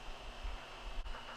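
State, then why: Not seated. A Quick Jack portable car lift is raised under power while its steel safety lock bar moves toward the first lock notch. A steady hiss and low rumble run throughout, with a sudden broadband burst of noise at about 1.4 s as the clip ends. The safety lock has not yet clicked or seated into the first locking position.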